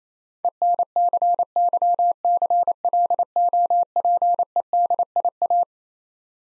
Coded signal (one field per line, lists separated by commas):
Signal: Morse code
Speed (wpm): 28 wpm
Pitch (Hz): 700 Hz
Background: none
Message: ENCYCLOPEDIA